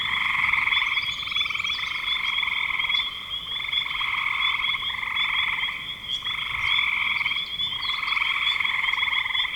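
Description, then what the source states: Frogs calling in a dense, continuous chorus of pulsed trills overlapping one another, with a steady higher whining band above. Frogs in spring 2025.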